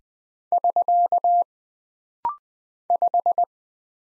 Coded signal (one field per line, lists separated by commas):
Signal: Morse code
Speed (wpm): 20 wpm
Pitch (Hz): 700 Hz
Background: none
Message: <SK> 5